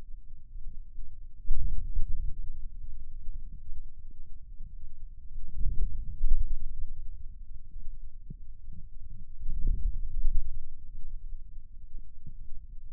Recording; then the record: forearm muscle sounds (acoustic myography)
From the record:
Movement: wrist extension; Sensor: system 2, bracelet of six BSWA MPA416 microphones around the upper forearm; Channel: 1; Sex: male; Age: 22 years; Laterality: right